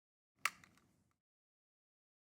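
A headgear clip is pushed onto the plastic frame of a Philips Respironics Amara View full face CPAP mask. It gives one sharp click at 0.5 s, followed by a few faint rattles that fade out by about 1.1 s, and then silence. The clip is seated on the mask frame.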